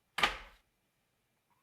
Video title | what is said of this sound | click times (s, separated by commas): Replacing Engine and Cabin Air Filter in 2018 Honda CRV LX | once it snaps in you can close up the glove compartment | 0.2 s